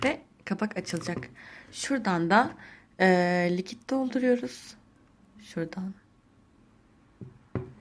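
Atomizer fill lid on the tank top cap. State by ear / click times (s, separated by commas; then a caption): seated / 7.5 s. Someone talks while showing the liquid fill port on an atomizer's metal top cap, then presses the fill lid down and slides it back. A faint tap at 7.2 s precedes a sharp click at 7.6 s as the lid snaps shut and seats closed on the tank top cap.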